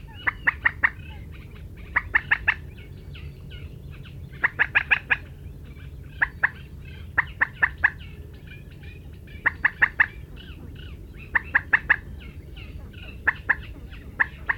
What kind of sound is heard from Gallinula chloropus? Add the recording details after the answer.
call. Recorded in the wild. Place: Retgendorf, Mecklenburg-Vorpommern, DE. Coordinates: 53.729, 11.504. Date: 1972-06-17. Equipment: Nagra III BH, Sennheiser MD 21, parabola. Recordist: Schubert, Michael. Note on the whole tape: diverse Rufe Teichhuhn, "Dacken", laute Langruf- Reihen, stackierte Rufe